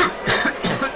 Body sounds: coughing mixed with background sound

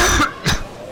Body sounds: coughing mixed with background sound

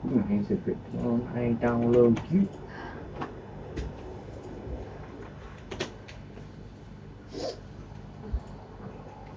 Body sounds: background sound without coughing

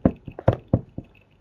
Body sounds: background sound without coughing

